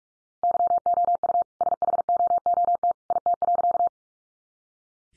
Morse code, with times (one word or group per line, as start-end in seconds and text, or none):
0.4-1.4 YOU
1.6-2.9 SHOOT
3.1-3.9 IT.